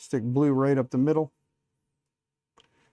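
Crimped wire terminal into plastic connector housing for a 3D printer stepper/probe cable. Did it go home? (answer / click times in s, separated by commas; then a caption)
yes / 2.6 s. Someone talks, then the crimped terminal on a blue ground wire is flipped over, slid up the middle of a plastic connector housing for an Ender 3 3D printer's stepper/probe cable, and pushed in. A faint, short click at 2.6 s marks the terminal latching into the housing, followed by a little quiet handling noise. The terminal is seated.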